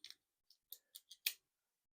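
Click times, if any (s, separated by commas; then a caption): 1.3 s. The two halves of a folding bike multitool are pushed back together after use, with a few light clicks and scrapes along the way. They end in a loud, sharp snap at 1.3 s as the halves seat together.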